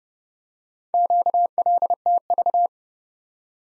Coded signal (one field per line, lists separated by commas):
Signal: Morse code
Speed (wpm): 29 wpm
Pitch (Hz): 700 Hz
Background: none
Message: QLTV